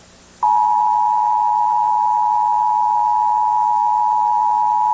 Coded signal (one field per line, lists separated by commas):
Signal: Emergency Alert System (SAME) tones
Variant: 853 and 960 Hz attention tone